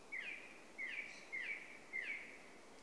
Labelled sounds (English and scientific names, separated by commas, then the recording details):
Song Thrush (Turdus philomelos)
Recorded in Germany
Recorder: ecoPi